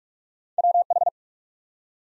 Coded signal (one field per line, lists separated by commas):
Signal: Morse code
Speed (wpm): 44 wpm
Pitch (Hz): 700 Hz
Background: none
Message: WH